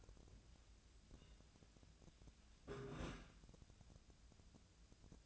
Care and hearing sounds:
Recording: daily activity, microphone in the room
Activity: take from stove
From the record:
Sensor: 2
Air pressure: 1009.8 hPa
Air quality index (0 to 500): 180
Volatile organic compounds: 10 ppm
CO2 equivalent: 2252 ppm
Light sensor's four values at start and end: 32/78/34/37 and 32/78/33/37

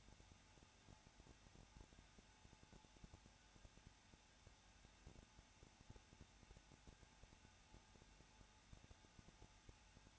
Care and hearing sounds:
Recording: daily activity, microphone in the room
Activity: no activity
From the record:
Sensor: 2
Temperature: 21.0 degrees Celsius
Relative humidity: 34.3%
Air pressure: 994.3 hPa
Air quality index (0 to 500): 173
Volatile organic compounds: 3 ppm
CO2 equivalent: 1341 ppm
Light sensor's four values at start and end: 2/3/2/2 and 2/3/2/2

